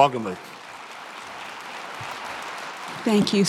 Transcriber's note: applause